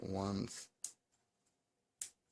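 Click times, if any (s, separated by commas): 2.0 s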